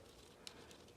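A gray wire harness connector for the hazard brake light on a John Deere 1025R is pushed into its mating connector over a low steady background. It snaps into place with a sharp, bright click at 0.5 s, followed by a fainter tick at 0.7 s, and the connector is seated.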